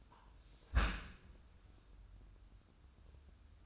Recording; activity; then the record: daily activity, microphone in the room; close dishwasher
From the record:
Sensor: 2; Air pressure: 994.3 hPa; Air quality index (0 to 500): 213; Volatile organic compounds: 1000 ppm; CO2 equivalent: 7065 ppm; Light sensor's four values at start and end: 148/356/151/158 and 148/356/151/158